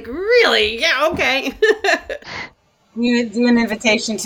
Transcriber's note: laughs